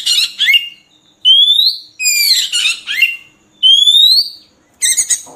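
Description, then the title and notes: Oriental magpie-robin song: rising whistled notes mixed with rasping chatter and falling slurs, in short phrases separated by pauses. Long-duration filler song (isian) for training captive magpie-robins to sing vigorously day and night. "Kacer Jadi Gacor Siang Malam. Isian Kacer Durasi Panjang"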